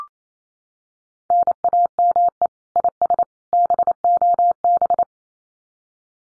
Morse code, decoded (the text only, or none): NAME IS BOB